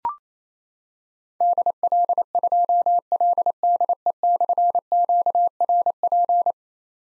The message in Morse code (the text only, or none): DL2LDE/QRP